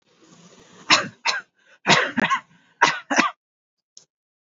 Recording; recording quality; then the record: shallow voluntary cough; excellent, no background noise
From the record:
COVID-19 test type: RT-PCR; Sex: male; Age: 22 years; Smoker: no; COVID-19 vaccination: both doses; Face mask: worn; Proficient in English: yes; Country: India